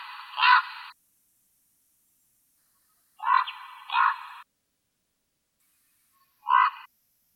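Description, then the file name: Common raven uttering harsh grating calls, one single, then a paired double call, then a short final call, separated by quiet gaps. "voron"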